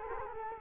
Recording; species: mosquito wingbeat signal from an infrared sensor; Culex quinquefasciatus